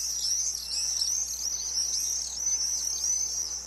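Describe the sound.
Common Swift screaming calls: thin, very high-pitched, shrill trills almost without a break throughout.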